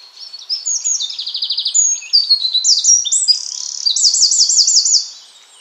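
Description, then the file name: Eurasian wren song, an energetic high-pitched stream of piercing notes broken by two quick trills, the last one a rolling, wavering trill near the end. "Troglodytes troglodytes"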